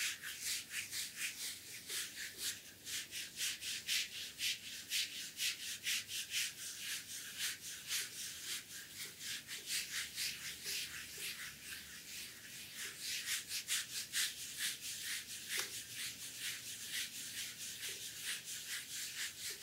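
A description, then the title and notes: Back scrubbing at a spa massage: a brush or mitt rasps over skin in quick, regular strokes, about two or three each second, for the whole twenty seconds. The scratchy sound is bright and hissy, steady in pace, with a faint low rumble underneath. ASMR back scrubbing Spa massage.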